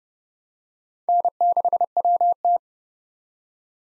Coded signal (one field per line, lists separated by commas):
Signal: Morse code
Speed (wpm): 30 wpm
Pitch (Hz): 700 Hz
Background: none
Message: N6WT